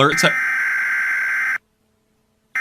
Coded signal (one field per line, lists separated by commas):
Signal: Emergency Alert System (SAME) tones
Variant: header bursts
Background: speech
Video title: Exploring Terrifying EAS Scenarios